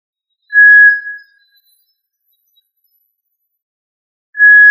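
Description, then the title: Quail whistle: one clear, level, drawn-out note, then a long pause before the next identical whistle begins. Listed under the family Tinamidae. "Familia Tinamidae - Quail - Puyuh"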